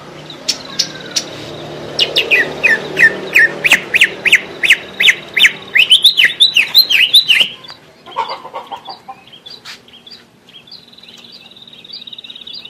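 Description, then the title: Greater green leafbird song: a fast series of sharp, regularly repeated chirps, then softer lower notes and a thin, high trilling tone near the end. "Suara Burung Cucak Ijo"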